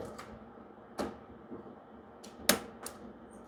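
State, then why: Seated. A RAM memory stick is pushed down into a motherboard DIMM slot until the retention latches snap shut. After a soft knock near 1.0 s, a sharp, bright click lands at 2.5 s, followed by a smaller tick near 2.9 s. The module is confirmed seated.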